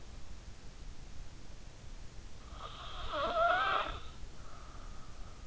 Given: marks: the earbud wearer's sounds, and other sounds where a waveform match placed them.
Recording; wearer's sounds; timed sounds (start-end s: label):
sounds in sleep by an in-ear microphone; snoring breath
2.65-4.34 s: snoring breath